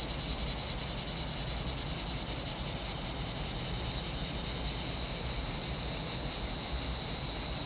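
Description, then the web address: High, rasping cicada song held without a break, its pulsing rhythm regular and fast, gradually fading a little over the last seconds. "Nature Sounds – Nature Chill Out 2014. Sounds from a Rnewood Cicadas"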